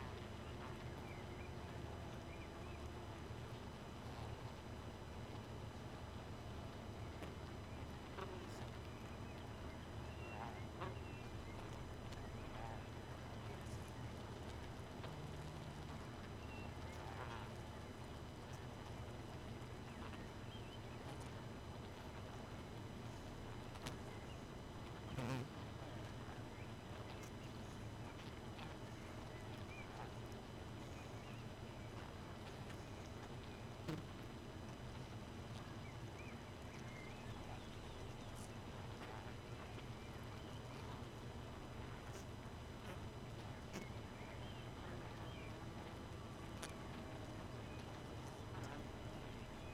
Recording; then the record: honeybee colony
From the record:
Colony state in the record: missing queen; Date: 31 May 2018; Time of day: 2:48